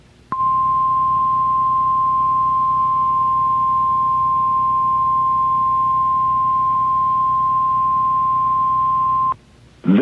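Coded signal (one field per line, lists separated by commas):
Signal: Emergency Alert System (SAME) tones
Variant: 1050 Hz attention tone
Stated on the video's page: Real EAS required weekly tests.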